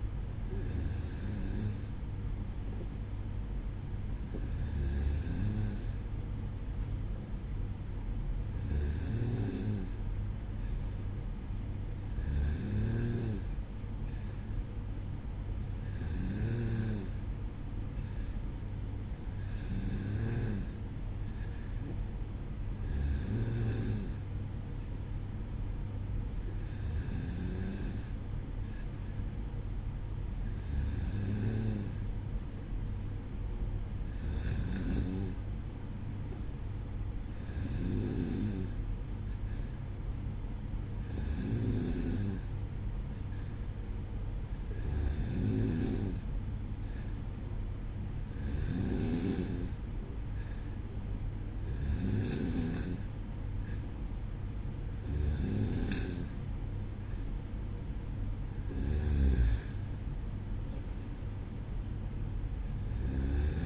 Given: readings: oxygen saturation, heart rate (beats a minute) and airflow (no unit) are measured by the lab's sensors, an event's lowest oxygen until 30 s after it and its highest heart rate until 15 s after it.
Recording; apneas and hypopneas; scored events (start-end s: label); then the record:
breathing in sleep by a smartphone at the bedside; none
none scored
From the record:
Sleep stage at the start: N2 (light sleep); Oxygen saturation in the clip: 93 to 94%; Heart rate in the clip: 55 to 59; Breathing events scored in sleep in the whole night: 305 in 9.6 hours asleep